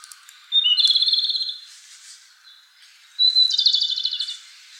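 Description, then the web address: Japanese robin song: each of two phrases opens with a short clear note, then breaks into a quick high rattling trill, repeated after a pause of roughly two seconds. "birdenaga komadori"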